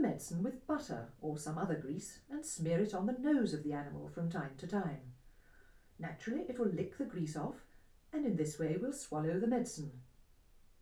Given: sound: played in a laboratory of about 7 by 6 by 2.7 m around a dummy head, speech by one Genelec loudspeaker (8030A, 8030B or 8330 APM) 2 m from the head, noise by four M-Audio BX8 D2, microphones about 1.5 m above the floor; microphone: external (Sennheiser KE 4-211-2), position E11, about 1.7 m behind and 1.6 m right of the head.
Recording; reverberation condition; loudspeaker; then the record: female speech in English; low; 150 degrees to the left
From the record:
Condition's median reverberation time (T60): about 310 ms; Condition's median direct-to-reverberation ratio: about 3.5 dB